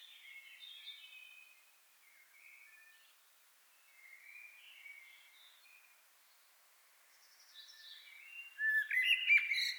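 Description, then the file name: Common blackbird singing softly, scattered quiet warbled notes drifting up and down, then a louder burst of fluty and twittering notes at the close. "Turdus merula"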